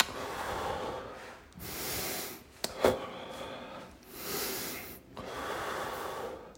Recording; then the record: deep breathing after running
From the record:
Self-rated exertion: moderate exertion (3 of 6); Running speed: 8 miles an hour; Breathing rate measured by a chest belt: 26 breaths a minute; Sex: male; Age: 23 years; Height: 172 cm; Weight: 73 kg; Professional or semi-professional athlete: no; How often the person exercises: 3 to 5 times a week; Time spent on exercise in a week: over 5 hours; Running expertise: yes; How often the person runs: 3 to 5 times a week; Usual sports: running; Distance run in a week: 40 km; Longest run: 20 km